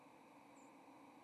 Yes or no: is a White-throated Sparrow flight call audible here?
yes